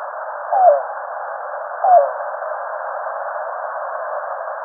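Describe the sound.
Yellow-billed cuckoo voice: two separate hollow, falling notes more than a second apart, then only steady hiss for the rest.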